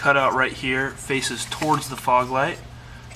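Someone talks while handling the plastic wiring harness plug for the fog light on a 2011-2014 Subaru Impreza WRX/STi, lining it up with the fog light housing socket. Only speech is heard, with quiet handling in the last half second. Nothing has seated or clicked yet.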